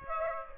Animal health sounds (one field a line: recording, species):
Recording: mosquito wingbeat signal from an infrared sensor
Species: Aedes aegypti